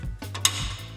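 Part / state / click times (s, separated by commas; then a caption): steel clip nut onto skid plate mounting bracket/frame hole / seated / 0.4 s. A steel M10 clip nut is pushed onto a skid plate mounting bracket under a Chevy/GMC 1500 truck during a full skid plate install. A couple of faint scraping taps lead up to a sharp metallic snap at 0.4 s as the nut seats in the right spot, followed by a low steady hum.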